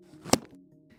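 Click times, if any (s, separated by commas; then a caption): 0.3 s. A pannier bag's plastic mounting plate is slid into the mount on a bike rack until it latches. A sharp, loud click at 0.3 s marks it seating, followed by a faint tick around 0.5 s. The bag is properly attached.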